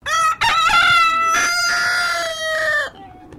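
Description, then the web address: Silkie rooster crowing: a short opening note, then a long, strained, richly harmonic crow held for over two seconds, falling slightly at the end. Silkie breed chicken crowing. "Sound Effects-Foundation 1 BIRD CHICKEN SILKIE CROW"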